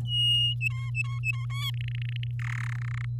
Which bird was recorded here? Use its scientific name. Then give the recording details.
Serinus canaria. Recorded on 11 May 2018 at 10:20. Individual llb16